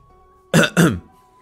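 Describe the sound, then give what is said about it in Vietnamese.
A man clears his throat in two quick, gruff bursts, a short cough-like "ahem" that stands alone against near silence. “Miêu Nghị vội ho một tiếng”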